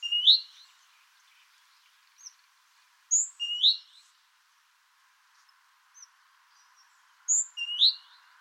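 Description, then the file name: Great tit calls: brief high chips grouped in quick clusters, repeated about every four seconds over a quiet background. "Parus major"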